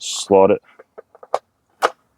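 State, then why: Seated. A plastic guard for a Bad Boy string trimmer is angled in and slotted onto the bottom of the trimmer shaft while someone talks. A few light plastic taps lead up to a sharp click at 1.3 s as the guard snaps into place and seats, followed by another firm knock near 1.9 s.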